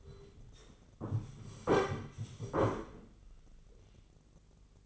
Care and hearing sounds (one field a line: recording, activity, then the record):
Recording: daily activity, microphone in the room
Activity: sit down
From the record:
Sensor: 4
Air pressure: 996.8 hPa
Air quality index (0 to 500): 240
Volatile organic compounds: 336 ppm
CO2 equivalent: 4557 ppm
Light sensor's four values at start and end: 45/110/45/45 and 45/110/45/45